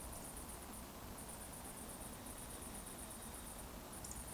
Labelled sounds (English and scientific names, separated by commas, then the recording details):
Eurasian Woodcock (Scolopax rusticola) whistle
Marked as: whistle, whistle
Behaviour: display flight
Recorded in Baden-Württemberg, Germany, on 24 June 2020 at 20:22 UTC
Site 14569, 102 m above sea level